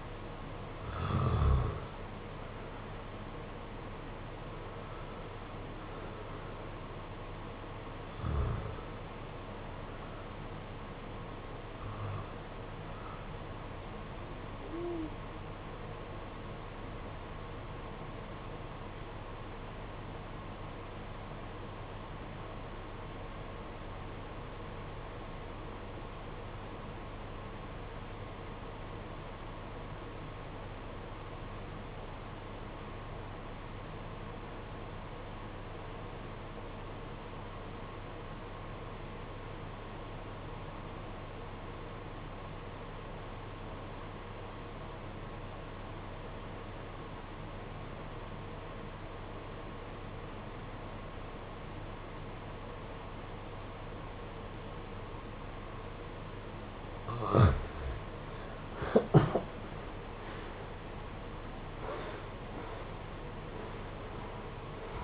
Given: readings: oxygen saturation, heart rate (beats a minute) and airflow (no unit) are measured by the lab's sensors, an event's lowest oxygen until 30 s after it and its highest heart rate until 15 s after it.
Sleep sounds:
breathing in sleep by a voice recorder at the bedside; 1
19.00-57.80 s: obstructive apnea (N1, oxygen 96% highest, then 75% lowest, heart rate 51 at the start, 92 highest)
30.00-65.04 s: new sleep stage, REM sleep
From the record:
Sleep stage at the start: N1 (lightest sleep); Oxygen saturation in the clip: 80 to 96%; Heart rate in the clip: 46 to 92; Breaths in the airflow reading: 8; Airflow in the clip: -14.9 to 14.1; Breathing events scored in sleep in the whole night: 476 in 9.7 hours asleep

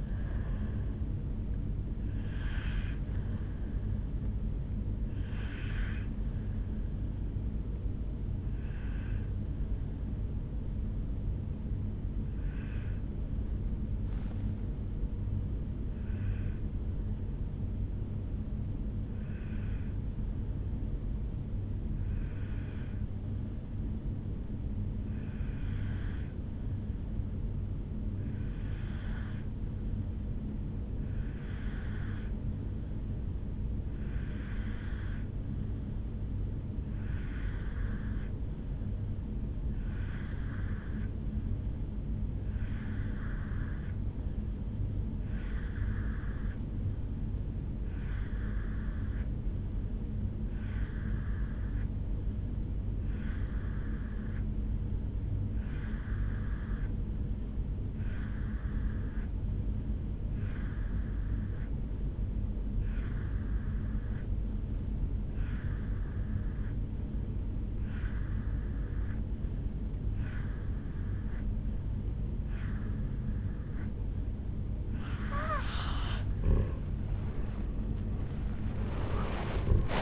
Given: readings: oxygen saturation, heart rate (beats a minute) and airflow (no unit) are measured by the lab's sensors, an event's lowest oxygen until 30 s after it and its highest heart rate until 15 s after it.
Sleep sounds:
breathing in sleep by a smartphone at the bedside; 1
9.00-75.40 s: obstructive apnea (N2, oxygen 97% highest, then 84% lowest, heart rate 57 at the start, 82 highest)
70.00-80.02 s: new sleep stage, N1 (lightest sleep)
From the record:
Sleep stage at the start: N2 (light sleep); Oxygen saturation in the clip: 83 to 97%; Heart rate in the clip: 57 to 78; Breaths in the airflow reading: 4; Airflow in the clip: -11.4 to 11.5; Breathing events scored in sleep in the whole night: 449 in 7.0 hours asleep

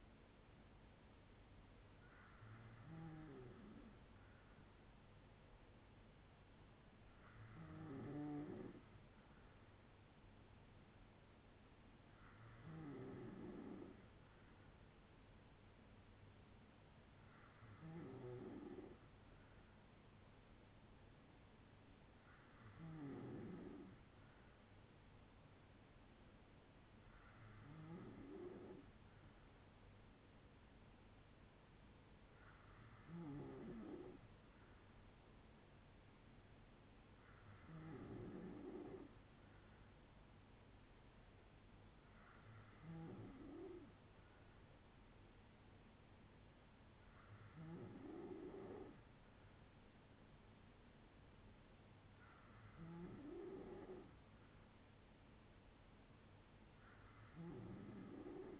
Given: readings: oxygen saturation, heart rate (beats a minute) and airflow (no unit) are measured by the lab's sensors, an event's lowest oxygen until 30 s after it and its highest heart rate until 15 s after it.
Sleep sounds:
breathing in sleep by a voice recorder at the bedside; none
none scored
From the record:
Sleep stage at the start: N3 (deep sleep); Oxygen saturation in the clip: 94 to 96%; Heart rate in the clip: 58 to 69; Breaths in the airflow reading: 11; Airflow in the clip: -5.4 to 3.4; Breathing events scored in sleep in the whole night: 182 in 7.4 hours asleep

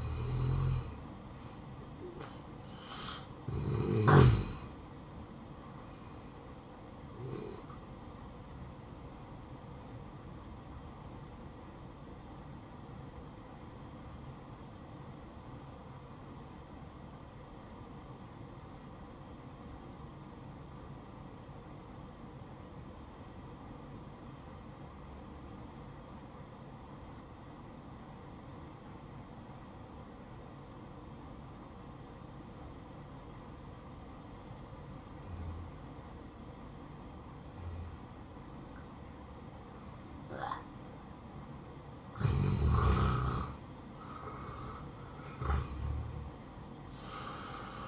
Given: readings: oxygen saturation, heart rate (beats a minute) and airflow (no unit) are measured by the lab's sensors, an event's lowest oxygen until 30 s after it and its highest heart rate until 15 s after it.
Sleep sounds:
breathing in sleep by a smartphone at the bedside; 1
9.00-41.20 s: hypopnea (N1, oxygen 95% highest, then 84% lowest, heart rate 60 at the start, 67 highest)
30.00-47.88 s: new sleep stage, N2 (light sleep)
From the record:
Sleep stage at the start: N1 (lightest sleep); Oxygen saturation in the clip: 83 to 95%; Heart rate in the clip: 57 to 71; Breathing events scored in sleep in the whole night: 573 in 9.8 hours asleep

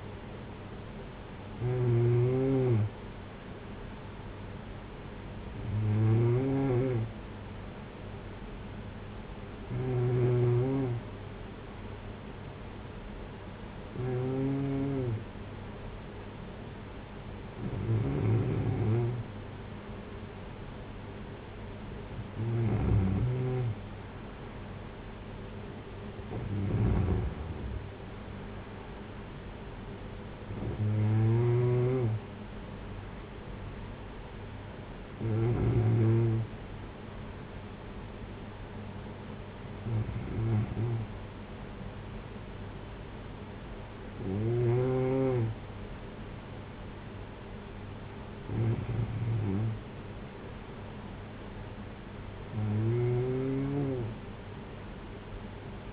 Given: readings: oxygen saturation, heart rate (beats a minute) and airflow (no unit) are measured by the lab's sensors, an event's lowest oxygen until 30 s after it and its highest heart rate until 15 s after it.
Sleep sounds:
breathing in sleep by a voice recorder at the bedside; none
none scored
From the record:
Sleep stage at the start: N2 (light sleep); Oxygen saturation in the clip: 93 to 95%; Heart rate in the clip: 50 to 58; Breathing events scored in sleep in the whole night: 226 in 8.8 hours asleep

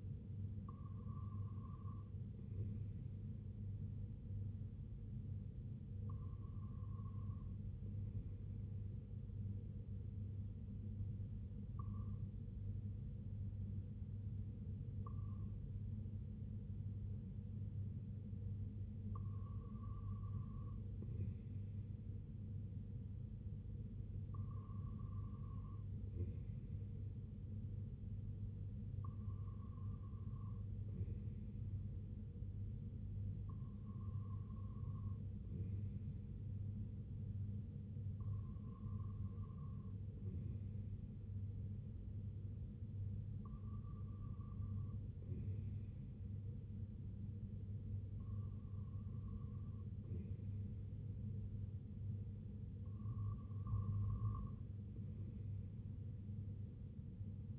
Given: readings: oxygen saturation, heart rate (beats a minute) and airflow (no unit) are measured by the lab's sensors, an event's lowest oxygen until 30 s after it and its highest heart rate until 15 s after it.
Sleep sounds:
breathing in sleep by a smartphone at the bedside; none
none scored
From the record:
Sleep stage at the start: REM sleep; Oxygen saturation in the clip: 95 to 97%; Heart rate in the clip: 60 to 69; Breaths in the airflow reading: 12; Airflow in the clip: -5.8 to 2.8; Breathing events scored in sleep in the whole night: 258 in 7.4 hours asleep

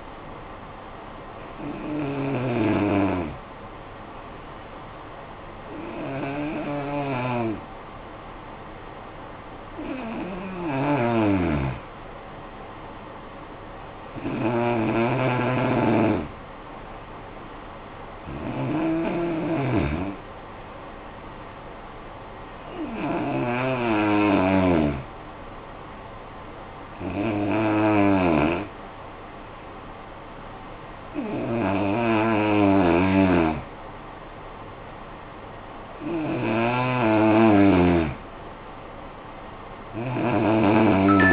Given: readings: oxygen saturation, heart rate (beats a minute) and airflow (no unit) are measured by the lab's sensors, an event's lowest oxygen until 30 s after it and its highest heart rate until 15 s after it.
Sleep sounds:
breathing in sleep by a voice recorder at the bedside; 1
3.00-35.30 s: hypopnea (N2, oxygen 93% highest, then 88% lowest, heart rate 49 at the start, 66 highest)
From the record:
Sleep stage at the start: N2 (light sleep); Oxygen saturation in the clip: 85 to 93%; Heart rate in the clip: 48 to 60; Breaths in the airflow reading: 9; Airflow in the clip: -9.5 to 6.7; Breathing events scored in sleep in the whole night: 445 in 7.6 hours asleep

